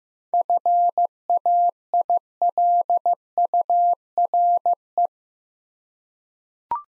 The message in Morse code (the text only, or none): FAILURE